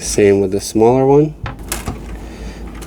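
Someone talks while the smaller flat ribbon cable is inserted into its locking connector on the touch screen interface board of a wireless CarPlay and Android Auto install in a 2009–2012 Porsche 911 (997.2). The connector latch is closed with a sharp, distinct snap at 1.7 s, and the cable is seated.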